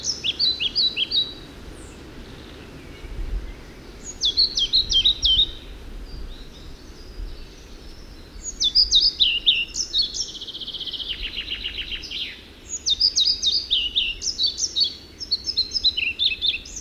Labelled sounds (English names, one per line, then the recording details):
European Pied Flycatcher song
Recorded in the wild
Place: Granitz, Insel Rügen, Mecklenburg-Vorpommern, DE
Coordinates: 54.385, 13.601
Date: 1971-05-30
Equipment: Nagra III BH, Sennheiser MD 21, parabola
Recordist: Schubert, Michael